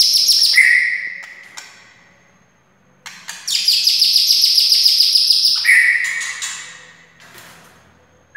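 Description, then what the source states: White-rumped shama song mixing mellow whistled notes with a fast, high rattling trill that lasts about two seconds. Wild white-rumped shama (murai hutan).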